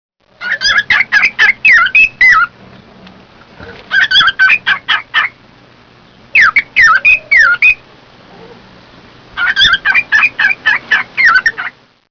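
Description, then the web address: Cockatiel calls: shrill, harsh notes given in four rapid bursts, with short pauses between them. "naturesongs cockatiel"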